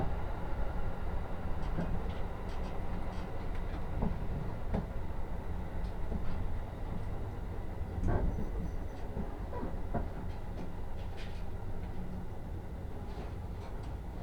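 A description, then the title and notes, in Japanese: A train on the Utsunomiya Line rolls along with a steady, heavy low rumble, scattered clicks and clanks sounding every few seconds. 鉄道旅 宇都宮線 浦和→古河。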